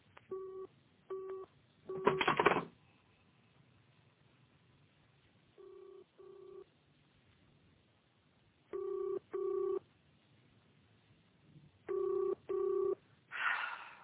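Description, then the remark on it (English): A telephone ringing tone sounds in repeated double bursts, steady mid-pitched pairs separated by pauses, with a couple of brief harsher dialing bursts in between. The call goes unanswered; no one speaks. “It's ringing, but there's no answer.”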